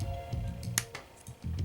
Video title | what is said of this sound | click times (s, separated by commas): FADE HAIRCUT TUTORIAL - Giving My Dad A Haircut - Cutting Hair At Home | Makes a little clicking sound. | 0.8 s